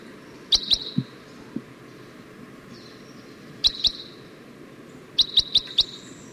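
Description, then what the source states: Red crossbill calls: short, clipped notes given in a pair, then another pair, then a quick run of four, over steady low background hiss. Type 1; apparently a female, calling in response to a flock of siskins; gave many calls, type 1 toop calls and type 1 song phrases including a long buzzy phrase.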